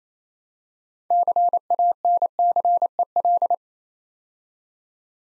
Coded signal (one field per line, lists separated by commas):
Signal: Morse code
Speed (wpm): 27 wpm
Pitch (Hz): 700 Hz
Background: none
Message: CANCEL